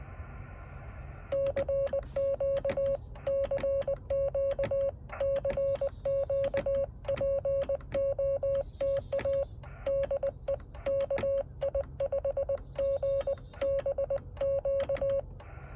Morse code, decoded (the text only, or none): CQ CQ CQ POTA DE KI5GBQ